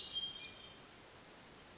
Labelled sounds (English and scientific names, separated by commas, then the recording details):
Hermit Thrush (Catharus guttatus)
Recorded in Sonoma County, California